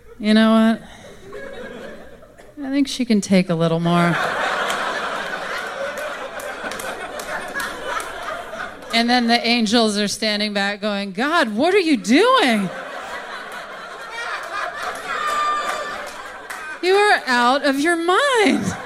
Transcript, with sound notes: You know what? I think she can take a little more. (LAUGHTER) And then the angels are standing back going: God, what are you doing? (LAUGHTER) You are out of your mind.